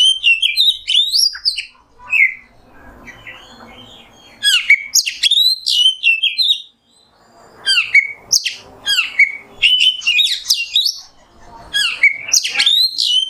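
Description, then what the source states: Oriental magpie-robin delivering rich, varied whistled phrases with quick rising and falling sweeps, broken by short quieter gaps of faint hiss. Kacer singing in the nembak style; masteran tutor song for training songbirds.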